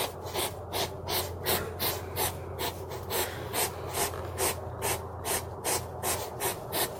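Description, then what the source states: Hedgehog puffing and sniffing in quick, regular breathy bursts about two to three per second, with a low steady hum in the background. Sound of a forest animal.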